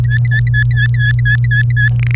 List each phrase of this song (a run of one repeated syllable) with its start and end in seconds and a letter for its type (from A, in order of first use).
0.05-1.88 A, 1.99-2.15 B